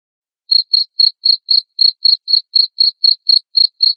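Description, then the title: Cricket chirping starts after half a second of silence, then regular high chirps come roughly four per second. Loud cricket chirping played to make lovebirds sing continuously. "Suara JANGKRIK NGERIK Keras Bikin LOVEBIRD Jadi NGEKEK Terus"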